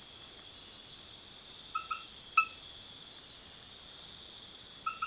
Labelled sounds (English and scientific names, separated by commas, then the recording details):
none
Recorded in dense forest near Puerto Asís, Putumayo, Colombia, on 18 February 2024 at 21:00
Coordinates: 0.505, -76.324
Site G6467